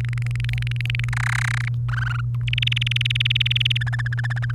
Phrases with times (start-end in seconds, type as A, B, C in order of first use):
0.01-1.09 A, 1.13-1.68 B, 1.89-2.21 C, 2.47-3.77 D, 3.81-4.51 E